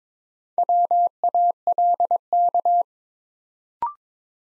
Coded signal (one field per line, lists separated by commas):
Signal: Morse code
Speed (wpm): 22 wpm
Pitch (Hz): 700 Hz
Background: none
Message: WALK